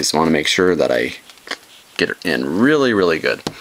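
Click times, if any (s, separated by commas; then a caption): none. Someone talks while handling the water-sealing port cover on a Motorola Defy rugged smartphone on T-Mobile, pressing the flap firmly to get it in really well out of paranoia. Only speech and faint handling noises are heard; the cover has not yet seated or clicked home by the end of the clip.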